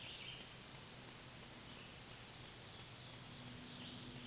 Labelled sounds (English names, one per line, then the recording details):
Black-throated Green Warbler song
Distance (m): 15 m
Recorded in a Pennsylvania forest on 1 June 2023 at 08:59
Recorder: AudioMoth, point grid3_34_high
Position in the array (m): 216 m, 140 m